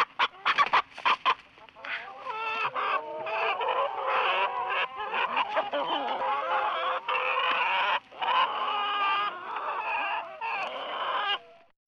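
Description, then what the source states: Chicken clucks, a dense, continuous chorus of overlapping hen calls with brief sharp notes at the start and steady chattering throughout. Recorded in a chicken coop.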